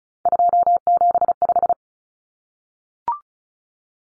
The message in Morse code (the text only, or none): 275